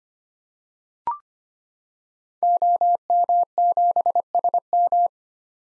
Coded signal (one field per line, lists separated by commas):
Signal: Morse code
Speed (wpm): 25 wpm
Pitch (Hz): 700 Hz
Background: none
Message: OM7SM